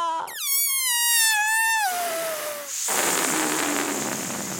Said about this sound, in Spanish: ¡Vueltas por el aire como un globo que se desinfla!